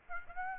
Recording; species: mosquito wingbeat signal from an infrared sensor; Aedes aegypti